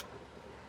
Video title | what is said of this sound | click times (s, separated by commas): PRP Quick Release Bench Seats for Polaris RZR PRO XP4, PRO R4, & Turbo R4 | they also have quick disconnects that are up front um so here all you got to do is pull that Tab | 0.0 s